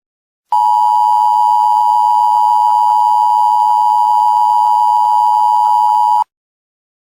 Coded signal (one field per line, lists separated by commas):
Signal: Emergency Alert System (SAME) tones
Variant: 853 and 960 Hz attention tone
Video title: "Better off not showing whats inside..." | short emergency alert system Gift for @Void-bq9sd